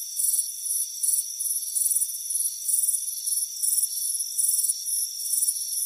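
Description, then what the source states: Crickets chirping in high, shrill pulsed bursts roughly twice a second over a steady ringing insect drone. Soothing cricket chirping on a warm afternoon on a front porch.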